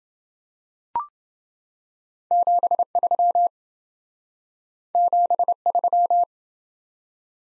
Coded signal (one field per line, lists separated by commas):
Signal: Morse code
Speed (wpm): 27 wpm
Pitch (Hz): 700 Hz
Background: none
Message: 73 73